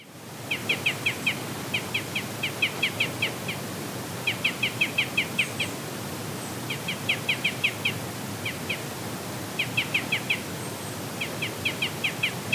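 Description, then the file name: Red crossbill calls, sharp clipped 'kip' notes in short rapid runs, repeated throughout over a constant hiss of background noise. "isuka"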